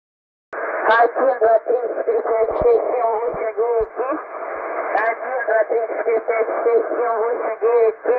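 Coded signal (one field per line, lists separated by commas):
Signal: numbers station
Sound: a narrow-band radio voice speaking steadily, word after word, with no beeps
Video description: after about 1 minute was repeating same message, no beeps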